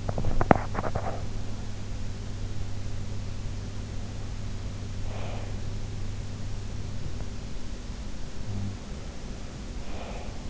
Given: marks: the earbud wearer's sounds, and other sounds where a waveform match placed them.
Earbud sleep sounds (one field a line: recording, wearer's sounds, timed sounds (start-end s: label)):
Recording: sounds in sleep by an in-ear microphone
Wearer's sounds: teeth grinding, breath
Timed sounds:
0.00-1.28 s: teeth grinding
4.92-5.80 s: breath
8.32-8.88 s: sound from someone else or the room
9.79-10.49 s: breath